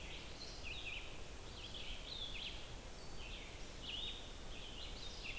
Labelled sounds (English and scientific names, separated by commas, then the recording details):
Red-eyed Vireo (Vireo olivaceus) song
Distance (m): 85 m
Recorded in boreal forest in Alberta, Canada, on 28 June 2016 at 07:12
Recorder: SongMeter 3, array SBT-6-79
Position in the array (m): 122 m, 190 m